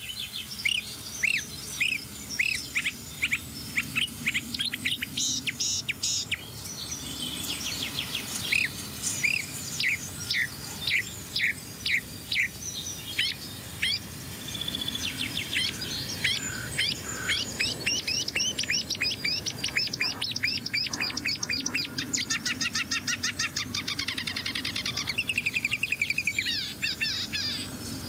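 A recording made in one continuous take of songbird calls from several species: rapid high chirps, trills and whistled notes overlapping without pause, with an insect-like buzz beneath and no voices.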